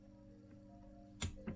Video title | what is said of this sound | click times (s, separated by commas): Vlog 350 banshee partie2 remplacement cloche hinson (voir description) | ça a fait clic voilà | 1.2 s